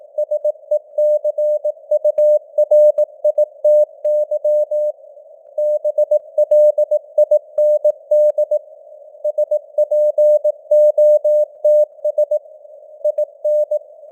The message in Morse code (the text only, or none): SECURITY BLIND SPOTS IN